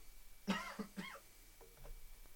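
A man coughs three times in quick succession, a cough that keeps coming back.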